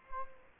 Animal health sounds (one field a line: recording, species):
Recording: mosquito wingbeat signal from an infrared sensor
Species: Culex quinquefasciatus